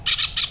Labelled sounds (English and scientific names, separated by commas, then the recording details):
Brown-throated Parakeet (Eupsittula pertinax) contact call
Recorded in Venezuela
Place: Cerro Saroche, Hato Dalmatela, Edo. Lara
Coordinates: 10.149, -69.534